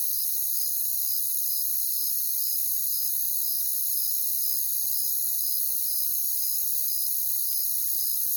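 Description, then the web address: Crickets chirping, one caller giving short pulsed chirps about twice a second over a constant high chorus. "Natures Songs Sleep Sounds of Nature CRICKETS Crickets"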